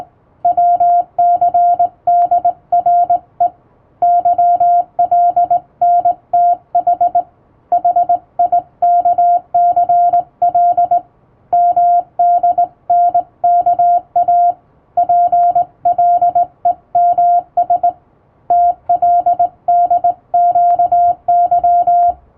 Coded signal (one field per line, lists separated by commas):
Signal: Morse code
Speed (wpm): 20 wpm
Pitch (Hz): 700 Hz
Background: music, radio noise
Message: WCDRE YLNTH HIKCL MDNKA PLEMS TLDQY